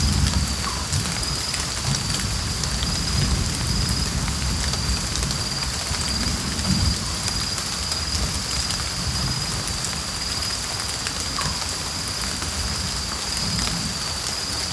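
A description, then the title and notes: A tropical storm pours down as a steady, dense wash of rain, heaviest in a deep low rumble with a fine hiss above. A thin high tone holds throughout, and the level stays even for the whole stretch with no distinct thunder claps. Tropical Storm - Brown Noise.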